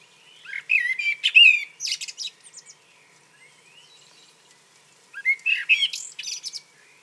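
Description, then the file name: Common blackbird song with two phrases, a rich warbling start rising into scratchy high twitters, with a pause of a few seconds between them. "Turdus merula"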